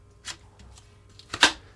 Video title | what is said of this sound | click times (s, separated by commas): MosicGO Outdoor Weather Resistant Portable HD Projector with EliteScreens! Unboxing and Review! | easy as that just snaps right in | 1.4 s